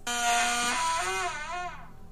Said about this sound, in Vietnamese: Ông đẩy cánh cửa đã cũ mục sau 3 tháng không có người ở. Cánh cửa rít lên những tiếng vang ken két đến rợn cả người.